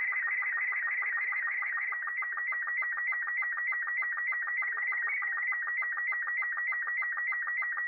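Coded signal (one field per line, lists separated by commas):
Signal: SSTV (slow-scan television)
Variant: Robot 36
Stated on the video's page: SSTV sked transmission for Radio Amateur Day.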